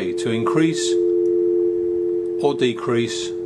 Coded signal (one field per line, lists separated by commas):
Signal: telephone call progress tone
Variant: North America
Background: speech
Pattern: dial tone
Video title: Star2Star Polycom IP 4000 & 6000 Conference Phone Tutorial